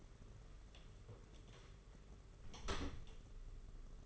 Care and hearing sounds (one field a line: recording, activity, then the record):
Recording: daily activity, microphone in the room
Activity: close door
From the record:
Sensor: 4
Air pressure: 992.4 hPa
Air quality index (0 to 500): 114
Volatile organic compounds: 22 ppm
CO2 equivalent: 2752 ppm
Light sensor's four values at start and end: 21/72/26/27 and 21/75/27/29